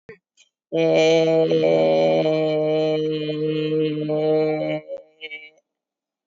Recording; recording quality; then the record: sustained vowel as in made; excellent, no background noise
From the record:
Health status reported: COVID-19 positive, mild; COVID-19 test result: positive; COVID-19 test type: RT-PCR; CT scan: taken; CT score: 2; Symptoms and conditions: sore throat, fever, diabetes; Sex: female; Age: 70 years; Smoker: no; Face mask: worn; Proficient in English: yes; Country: India